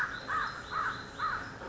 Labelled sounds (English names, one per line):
American Crow